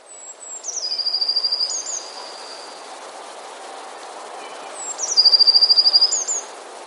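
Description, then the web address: Eurasian blue tit song repeated twice: sharp, high descending notes, then a quick, steady trill lasting about a second. "wroblowe teka spiew. modraszkoteka"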